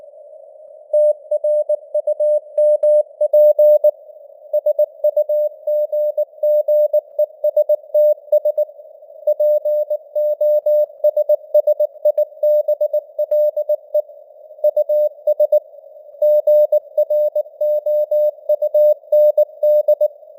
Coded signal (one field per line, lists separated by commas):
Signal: Morse code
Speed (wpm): 19 wpm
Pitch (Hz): 600 Hz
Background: none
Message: TRUMP SUGGESTS POSSIBLE US GROUND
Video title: Morse Code News | 2025-11-03 | 19wpm